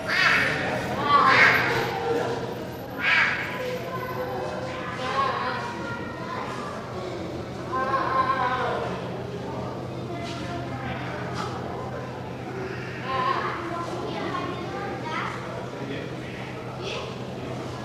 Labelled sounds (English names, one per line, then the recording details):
Clouded Leopard
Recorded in captivity
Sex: male
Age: adult
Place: Tierpark Berlin, Berlin, DE
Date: 1982-10-09 11:19
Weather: bedeckt-sonnig, etwas böiger Wind, 10-13°C
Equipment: Nagra SN, Kopie Uher 4200
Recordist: Tembrock, Günter